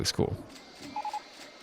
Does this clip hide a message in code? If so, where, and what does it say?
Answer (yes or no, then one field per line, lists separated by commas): no